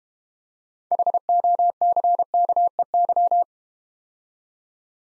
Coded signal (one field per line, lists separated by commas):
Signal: Morse code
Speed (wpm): 31 wpm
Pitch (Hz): 700 Hz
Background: none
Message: HOCKEY